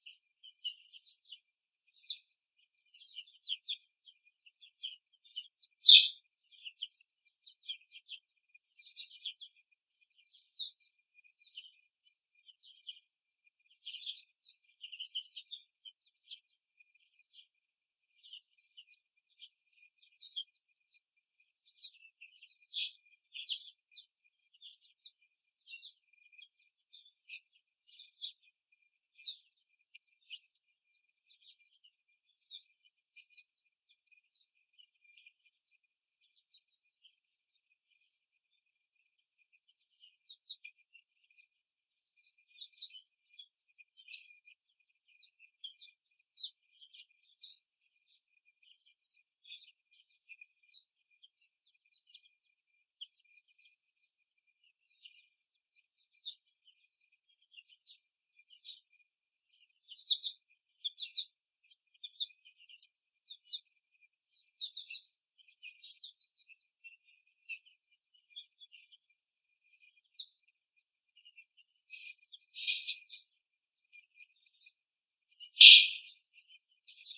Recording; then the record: young laying hens in a cage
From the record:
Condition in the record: before the stressor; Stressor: simulated dog barking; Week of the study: 3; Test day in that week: 1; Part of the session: 4